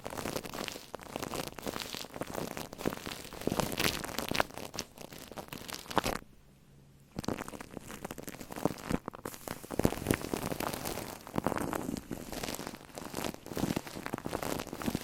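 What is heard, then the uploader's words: Shaving cream foams and fizzes right on a microphone, a dense crackling hiss like rain on a surface, full of tiny pops and crinkles. The texture stays busy and uneven throughout, with louder bursts here and there. Near the middle it drops out for about a second. Shaving Cream on Mic. Brainmassage mit Schaum.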